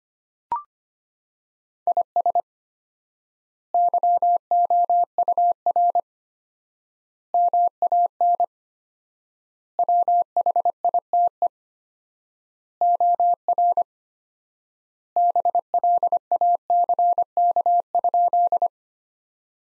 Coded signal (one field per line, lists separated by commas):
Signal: Morse code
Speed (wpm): 25 wpm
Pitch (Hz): 700 Hz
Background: none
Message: IS YOUR MAN WHITE OR BLACK?